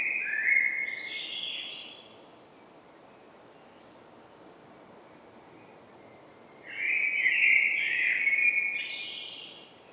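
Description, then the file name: Eurasian blackbird singing a short warbled phrase with a high flourish, then silence for several seconds before a longer fluty phrase with squeaky notes. "Turdus merula"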